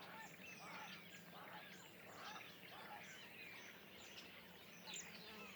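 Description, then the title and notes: Common starling flock chatter with repeated looping mid-pitched notes amid softer whistles and a low background rumble. Flock perched in trees beside a pond, Le Louroux, Indre-et-Loire, France; recorded in stereo ORTF with Sennheiser MKH8020 microphones, Rycote and a Sound Devices MixPre-6 II. "Le Louroux, Loches, Indre-et-Loire, Centre-Val de Loire, France métropolitaine, 37240, France - étourneaux sansonnet dans les arbres. Nuée d'étourneaux posés dans un arbre aux abords de l'étang du louroux"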